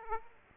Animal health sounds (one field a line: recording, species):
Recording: mosquito wingbeat signal from an infrared sensor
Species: Aedes aegypti